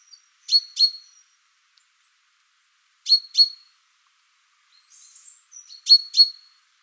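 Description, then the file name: Great tit calls: three pairs of bright chirps, plus a brief thin whistle before the last pair. "Parus major"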